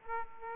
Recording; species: mosquito wingbeat signal from an infrared sensor; Aedes aegypti